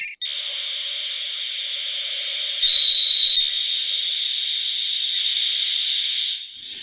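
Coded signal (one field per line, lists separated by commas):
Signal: dial-up modem handshake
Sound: continuous harsh wideband modem hiss for about six seconds, no clear dial tones or chirps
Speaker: i don't know if you can hear that but there's the modem sound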